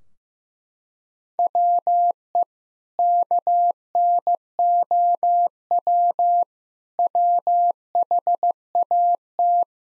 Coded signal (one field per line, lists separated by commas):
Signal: Morse code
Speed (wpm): 15 wpm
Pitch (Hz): 700 Hz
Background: none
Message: WE KNOW WHAT